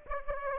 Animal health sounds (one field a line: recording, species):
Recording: mosquito wingbeat signal from an infrared sensor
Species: Aedes aegypti